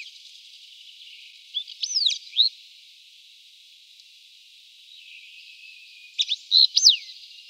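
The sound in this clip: Wallcreeper calls: two clusters of sharp, high chirps and slurred whistles several seconds apart, with soft background hiss between them.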